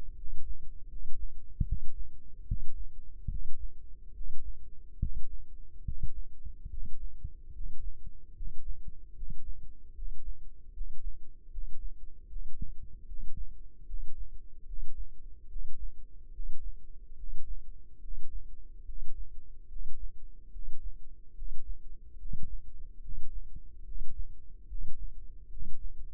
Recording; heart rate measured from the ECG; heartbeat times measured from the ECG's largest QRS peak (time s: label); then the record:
heart sounds by microphone in the left ear; 73 bpm
0.14 s: heartbeat
0.86 s: heartbeat
1.63 s: heartbeat
2.44 s: heartbeat
3.27 s: heartbeat
4.12 s: heartbeat
4.97 s: heartbeat
5.82 s: heartbeat
6.67 s: heartbeat
7.51 s: heartbeat
8.33 s: heartbeat
9.13 s: heartbeat
9.92 s: heartbeat
10.71 s: heartbeat
11.49 s: heartbeat
12.26 s: heartbeat
13.05 s: heartbeat
13.84 s: heartbeat
14.64 s: heartbeat
15.46 s: heartbeat
16.30 s: heartbeat
17.14 s: heartbeat
17.99 s: heartbeat
18.83 s: heartbeat
19.66 s: heartbeat
20.49 s: heartbeat
21.33 s: heartbeat
22.16 s: heartbeat
22.99 s: heartbeat
23.82 s: heartbeat
24.65 s: heartbeat
25.47 s: heartbeat
From the record:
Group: healthy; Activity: breath hold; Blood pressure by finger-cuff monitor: 106/72 mmHg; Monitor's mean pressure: 80 mmHg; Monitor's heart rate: 73 bpm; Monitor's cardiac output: 6 L/min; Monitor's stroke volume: 82 mL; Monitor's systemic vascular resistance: 990 dyn s/cm5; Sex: male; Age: 35 years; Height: 180 cm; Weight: 86.9 kg